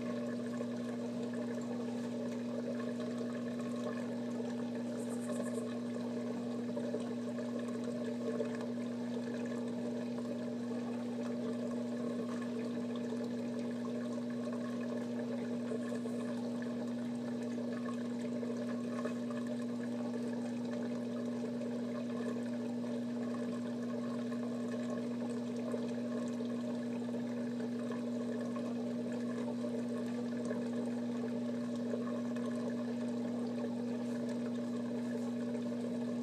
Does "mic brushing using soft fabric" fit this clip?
no